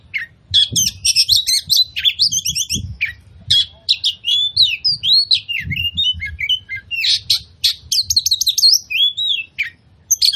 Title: KACER NGOTOT FULL TEMBAKAN. Pancingan Kacer Gacor Plong Plongan Buat Kacer Lain Auto Emosi Buka Ekor Ngobra